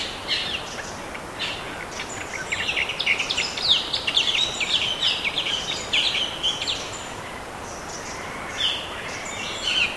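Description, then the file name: Bird calls, a quick run of bright, high twittering chirps in the middle, with scattered single notes before and after over background hiss. "SABIOD 50 bird 2015"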